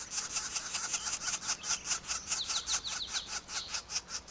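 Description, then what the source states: Northern flicker young bird giving a steady series of many rasping, scratchy notes, repeated throughout. Young bird just out of its nest, calling from the ground while poking around in dirt and leaf litter.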